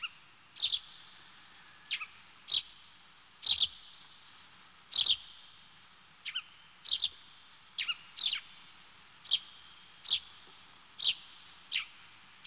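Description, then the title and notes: Small bird giving a series of short high chirps, some doubled, repeated about once per second, light background hiss. "NHK効果音集 - 2-波・川・小鳥"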